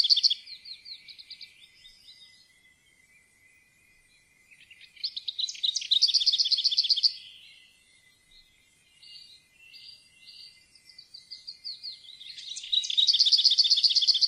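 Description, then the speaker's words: Lesser Whitethroat singing: soft, scratchy warbling phrases broken by loud, dry, rapidly repeated rattles. Song ends in a clattering rattle that gave the bird its Norwegian name møller (miller), often compared to a mill's clatter. "Møllerens klaprende sangavslutning har gitt opphav til dens navn."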